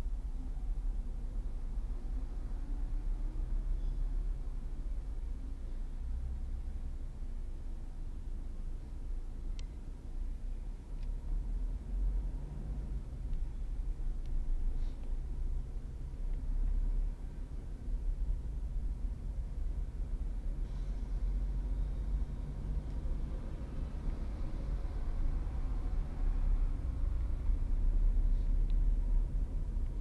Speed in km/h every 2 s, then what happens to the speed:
0, 0, 1, 3, 7, 10, 12, 14, 19, 19, 22, 26, 26, 27, 31.
0-5 standing. 5-30 pulls away to 31.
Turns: none.